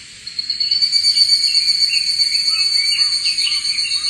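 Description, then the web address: Evening cicada starting a loud, shrill, sustained high trill, with short looping lower notes underneath. Recorded 8 July 2011. "insect si higurasi 20110708"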